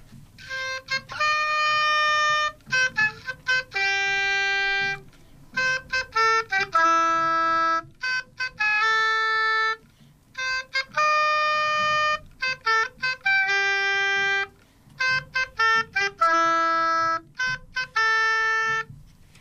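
A solo oboe, played close to the microphone, plays a lively melody of short, detached notes and brief phrases with small pauses between them, its reedy, bright tone strong and steady with no voices over it.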